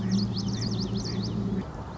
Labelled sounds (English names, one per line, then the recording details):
Common Yellowthroat
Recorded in Sonoma County, California